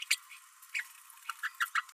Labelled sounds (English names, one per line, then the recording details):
Green-rumped Parrotlet babbling
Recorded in a nest box in Venezuela
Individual 18B12A1